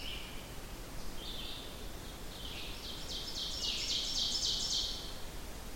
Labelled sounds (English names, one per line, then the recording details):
Ovenbird song
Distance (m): 45 m
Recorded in boreal forest in Alberta, Canada, on 14 June 2016 at 07:14
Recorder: SongMeter 3, array SBT-3-33
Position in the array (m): 100 m, 139 m
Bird 21